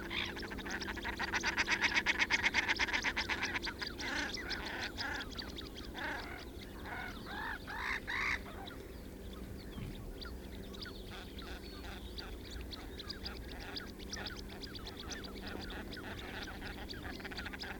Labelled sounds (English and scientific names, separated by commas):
Common Shelduck (Tadorna tadorna) courtship call